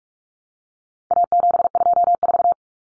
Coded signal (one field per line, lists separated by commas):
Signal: Morse code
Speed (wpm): 44 wpm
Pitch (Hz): 700 Hz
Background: none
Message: A724